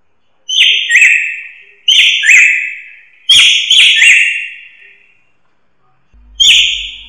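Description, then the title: Drongo calls: bright notes sliding downward, mostly in pairs, given in four separate bursts. "Suara Srigunting. Hobiburung"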